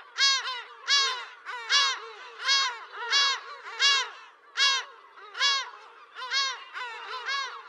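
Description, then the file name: Lesser black-backed gull giving harsh, nasal, downward-arching calls, repeated steadily, with strong harmonics and no other clear sounds. "Silltrut"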